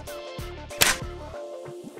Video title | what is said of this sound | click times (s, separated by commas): How to assemble the Monster Jam Garage Play-set! | And snap it in. Make sure you hear that snap. | 0.8 s